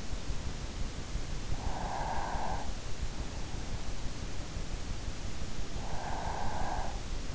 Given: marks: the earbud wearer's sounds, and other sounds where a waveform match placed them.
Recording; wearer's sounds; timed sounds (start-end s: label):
sounds in sleep by an in-ear microphone; breath
1.47-3.18 s: breath
5.70-7.30 s: breath